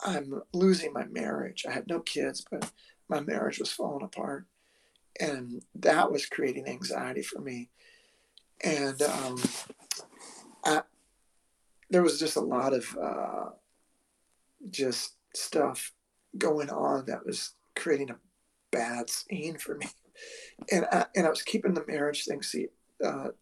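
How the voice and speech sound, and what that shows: Adult male speaker with spasmodic dysphonia, an incurable vocal disorder in which the muscles around the vocal cords spasm when he tries to sing or speak. The voice sounds strained and rough, with frequent pauses breaking up the phrases. Anxiety makes the symptoms worse.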